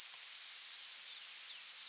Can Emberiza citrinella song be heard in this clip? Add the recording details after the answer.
yes. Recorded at under 5 m from the bird. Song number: 046